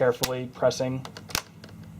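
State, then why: Seated. Someone talks while pressing the clips of a plastic screen bezel into a laptop lid, working carefully around its edge. A sharp snap at 1.4 s is followed by fainter clicks, and the bezel clips are snapped in place and seated.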